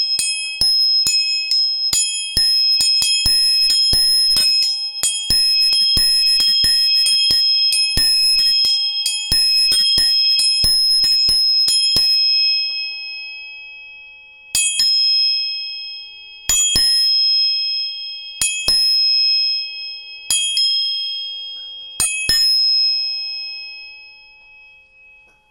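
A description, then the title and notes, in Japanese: Three tuning forks are struck over and over, sounding steady pure tones, one low and two high and bright, that ring on and slowly fade. For the first twelve seconds the strikes come fast and close together, then only a few sharp taps follow, about every two seconds. 音叉チューニング3本。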